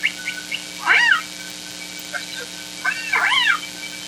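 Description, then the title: Killer whale calls, two bursts of arching, harmonic-rich squeals that rise then fall, with a steady low engine hum from boat noise throughout. Southern Resident killer whales, K and L pods, calling amid boat noise in inland waters of Washington, in a year when they were scarce there. "K & L pods call in boat noise at Orcasound Lab"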